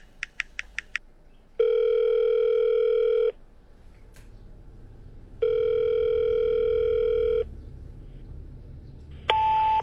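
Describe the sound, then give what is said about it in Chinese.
A telephone's outgoing ringback tone as a call is placed to a lawyer: a burst of quick dialing beeps, then two long, steady buzzing rings separated by a pause, ending with a brief beep as the line connects. No one speaks. “挣扎了一番，他拨通了曹海的电话。”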